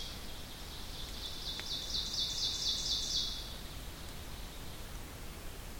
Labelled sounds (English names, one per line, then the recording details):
Ovenbird song
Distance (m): 40 m
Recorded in boreal forest in Alberta, Canada, on 2 June 2016 at 07:18
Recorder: SongMeter 3, array SBT-3-7
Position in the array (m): 99 m, 29 m
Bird 9